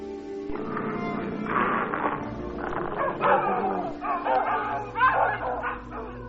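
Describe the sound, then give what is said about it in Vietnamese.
A dog barks in a series of sharp, loud yaps and bow-wows, irregularly spaced over several seconds, with a steady low drone running underneath. The dog is being set on people to scare them. “Chẳng những không cho họ dây, con còn nói thấy nhiều câu nhục mạ họ, thậm chí xua chó ra dọa họ.”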